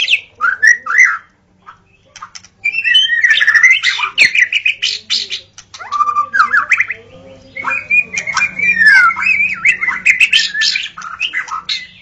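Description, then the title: White-rumped shama song, long flowing sequences of whistled, slurred and harsh notes with short pauses between bursts. Wild bird recorded in forest; natural song. "Kicau Asli Murai Batu Hutan"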